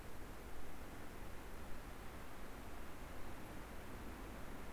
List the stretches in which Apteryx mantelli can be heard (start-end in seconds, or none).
none